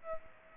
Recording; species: mosquito wingbeat signal from an infrared sensor; Aedes aegypti